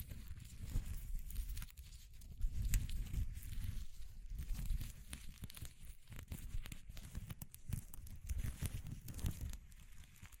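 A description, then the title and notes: Hands explore textures in an ASMR recording, with continuous rustling, scratching and crinkling. Sharp clicks and taps break through often and at uneven intervals, over a heavy low rumble of handling that swells and fades throughout the ten seconds. ASMR Exploring Textures (No Talking).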